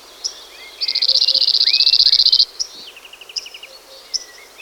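Cirl bunting gives a single rapid, even rattle of repeated notes lasting about one and a half seconds, with sliding whistles and a short quick series of notes also heard.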